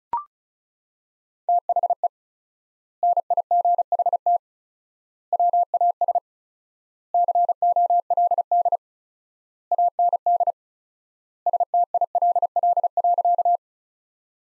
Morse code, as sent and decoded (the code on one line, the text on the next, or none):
- .... . / -. .. --. .... - / .-- .- ... / -.-. --- .-.. -.. / .- -. -.. / ... - .. .-.. .-.. .-.-.-
THE NIGHT WAS COLD AND STILL.